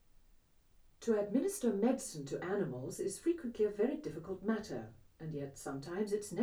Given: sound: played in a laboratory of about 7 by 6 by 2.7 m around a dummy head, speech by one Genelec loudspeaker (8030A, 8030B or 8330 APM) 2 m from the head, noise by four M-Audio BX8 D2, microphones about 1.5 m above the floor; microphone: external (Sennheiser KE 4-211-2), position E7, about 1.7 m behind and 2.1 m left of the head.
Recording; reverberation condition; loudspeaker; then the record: female speech in English; low; 150 degrees to the right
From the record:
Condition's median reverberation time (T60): about 310 ms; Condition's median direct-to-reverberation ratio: about 3.5 dB